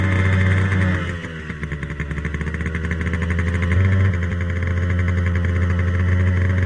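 A motorcycle engine roars steadily as it leaves the road and speeds through dense village houses and down small lanes, its low droning pitch shifting as it revs up and eases off a couple of times, loud and alone with no voices.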